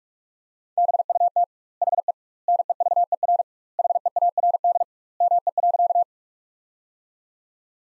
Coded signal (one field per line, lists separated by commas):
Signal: Morse code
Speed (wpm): 46 wpm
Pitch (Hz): 700 Hz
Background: none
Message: BUT HE NEVER HEARD ME.